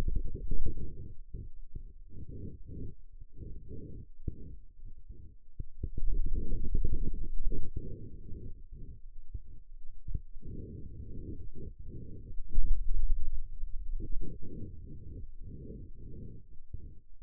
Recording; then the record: forearm muscle sounds (acoustic myography)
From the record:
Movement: hand opening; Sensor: system 2, bracelet of six BSWA MPA416 microphones around the upper forearm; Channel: 6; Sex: male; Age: 22 years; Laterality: right